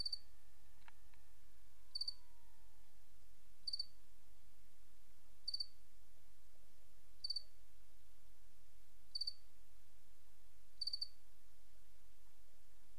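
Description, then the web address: Cricket chirping in brief pulsed bursts at fairly even intervals, over a low steady hum with a faint passing tone. "Sabda Alam Crickets"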